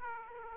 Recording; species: mosquito wingbeat signal from an infrared sensor; Aedes aegypti